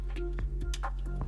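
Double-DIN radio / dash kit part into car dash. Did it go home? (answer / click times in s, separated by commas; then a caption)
no / none. During a double-DIN radio (MVH-1400NEX) install in the dash of an Evo, a part, either the radio in its dash kit or a harness connector, is being handled and pushed toward home. Steady musical tones play underneath, with short sharp ticks at 0.7 s and 0.9 s. Nothing has seated or clicked yet.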